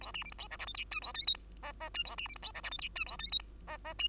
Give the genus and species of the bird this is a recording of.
Lonchura striata domestica